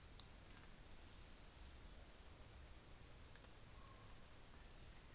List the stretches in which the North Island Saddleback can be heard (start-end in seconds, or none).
none